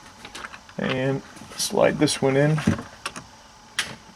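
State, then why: Seated. Someone talks while a plastic trim tab clip is slid up underneath into the steering column trim of a BMW (E46, X3, E39, E38) during an ignition switch replacement. A few faint plastic ticks come near the start and around 3.1 s, then a sharp click at 3.8 s as the clip locks into place, fully seated.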